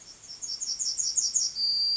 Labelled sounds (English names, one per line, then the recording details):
Yellowhammer song
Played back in grassland
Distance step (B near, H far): C
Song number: 050